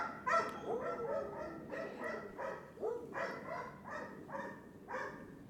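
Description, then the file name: Dog giving a long string of rough barks, several each second. More than one dog barking. "17-Dogs barking"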